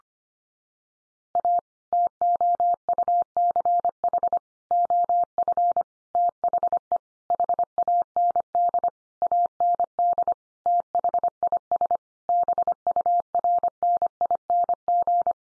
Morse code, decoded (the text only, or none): A TOUCH OF THE HAND AND THIS BURNING